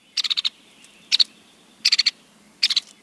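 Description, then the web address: White-headed woodpecker sharp, high rattling calls in four quick bursts of two to five clipped notes, just under a second apart, over quiet background. In a ponderosa pine grove in the Cascade Mountains; the species gives a double call. "Birdnote. White headed Woodpecker"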